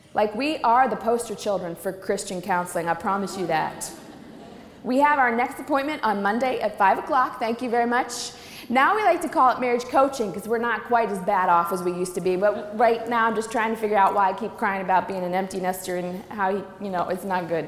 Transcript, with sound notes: We are the poster children for Christian counseling-I promise you that. [laughter] We have our next appointment on Monday at five o'clock, thank you very much! Now we like to call it "marriage coaching," because we're not quite as bad off as we used to be, but right now I'm just trying to figure out why I keep crying about being an empty-nester, and-you know, it's not good.